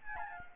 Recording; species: mosquito wingbeat signal from an infrared sensor; Aedes albopictus